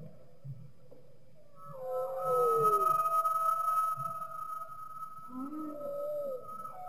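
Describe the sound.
Humpback whale song: faint low grunts, then a long sustained tonal moan with a downward glide, and a rising-falling swoop near the end.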